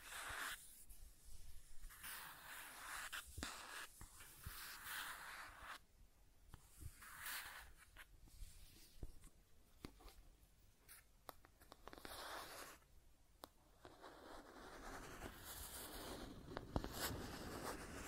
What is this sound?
Scratching and Tracing Sounds